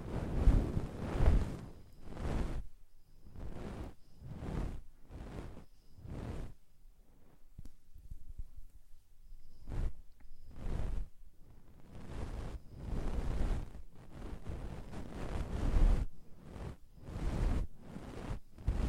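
Deep ear cleaning sounds come as a run of short rubbing, scraping swishes, roughly one every half second to second, each full and rustly from low thump to bright hiss. A quieter stretch of faint scratches falls around eight to nine seconds before the strokes resume.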